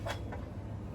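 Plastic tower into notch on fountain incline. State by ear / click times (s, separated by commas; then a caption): seated / 0.3 s. The plastic tower of a pet water fountain is fitted onto the back of the incline, flat side down, until a small notch at its bottom snaps into place with a short, sharp click at 0.3 s over a steady low hum. A short hit follows, and the snap shows the tower is seated correctly.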